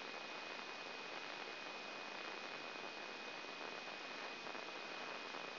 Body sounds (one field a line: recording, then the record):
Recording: brain microelectrode recording played as sound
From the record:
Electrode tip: inside the subthalamic nucleus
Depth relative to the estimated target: 1 mm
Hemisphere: left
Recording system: AlphaMap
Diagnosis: Parkinson's disease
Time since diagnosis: 14 years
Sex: male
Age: 56 years